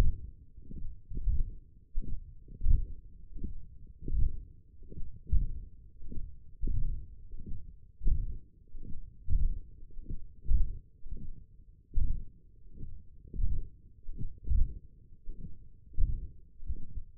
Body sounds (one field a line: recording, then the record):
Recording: forearm muscle sounds (acoustic myography)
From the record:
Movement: hand closing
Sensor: system 1, eight BSWA MPA416 microphones around the upper forearm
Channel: 4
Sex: male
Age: 21 years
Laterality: right